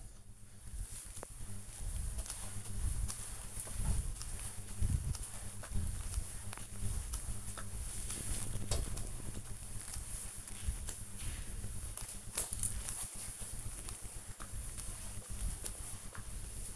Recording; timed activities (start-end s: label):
household activities, microphone on the right wrist
0.00-16.75 s: floor cleaning